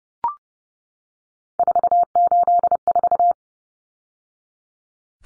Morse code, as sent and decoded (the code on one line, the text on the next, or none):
....- ---.. ....-
484